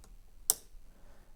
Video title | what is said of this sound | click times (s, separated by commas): Remove and Reinstall Key Cap on MateBook X Pro | now I heard a click | 0.5 s